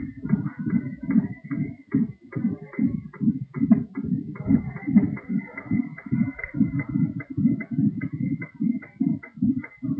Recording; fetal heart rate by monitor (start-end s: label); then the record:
fetal heart sounds by stethoscope on the mother's abdomen
0.00-10.00 s: 143 bpm
From the record:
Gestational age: 40 weeks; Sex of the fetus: girl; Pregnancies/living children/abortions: 2/1/0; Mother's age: 30 years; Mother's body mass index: 27.2